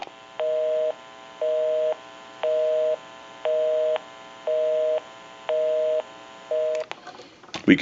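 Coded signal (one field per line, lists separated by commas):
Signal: telephone call progress tone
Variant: North America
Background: speech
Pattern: busy tone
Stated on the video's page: Tone heard on a Wedgwood Jasper rotary desk telephone during its initial checkout and repair.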